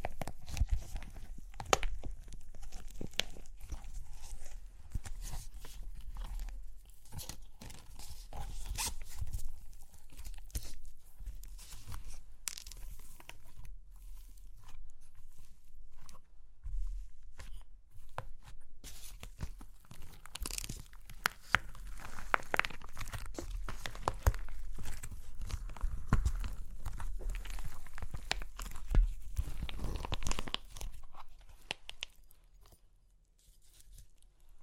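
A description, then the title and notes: Crunchy clay cracking and crumbling, a dense run of short crisp snaps and grinding crackles that bunch up irregularly with no steady rhythm. Sharper bursts stand out around 2, 21 and 29 seconds, and the crackling thins out near the end. Super Crunchy Clay Cracking (No Talking).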